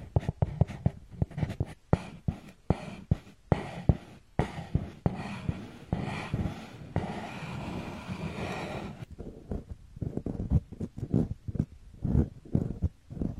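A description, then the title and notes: Quick, uneven taps and slaps make up a massage, striking a few times a second with short gaps between. From about five to nine seconds the hits blur into a steady smearing, rubbing hiss, then the sharp irregular tapping returns through the end. Tapping the water flow, smearing and tearing massage.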